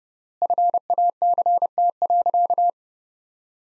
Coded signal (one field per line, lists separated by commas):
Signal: Morse code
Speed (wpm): 32 wpm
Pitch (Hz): 700 Hz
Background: none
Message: FACT.